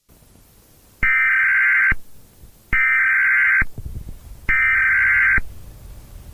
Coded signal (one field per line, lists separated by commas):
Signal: Emergency Alert System (SAME) tones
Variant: header bursts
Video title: Nuclear Emergency | A EAS Nuclear War Simulation |